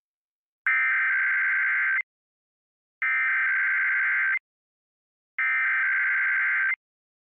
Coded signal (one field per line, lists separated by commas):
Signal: Emergency Alert System (SAME) tones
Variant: header bursts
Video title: Various Emergency Alert System (EAS) Tests - Month of 10/2021